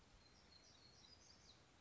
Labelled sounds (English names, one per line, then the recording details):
Black-throated Gray Warbler
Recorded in Sonoma County, California